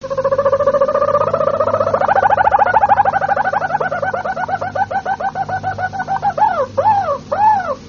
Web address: canarios cantoharz